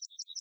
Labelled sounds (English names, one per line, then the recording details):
Yellowhammer song
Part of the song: start
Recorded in the Czech Republic on 26 March 2015
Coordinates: 49.503, 14.559
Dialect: BhBl
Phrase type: C57
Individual 15KH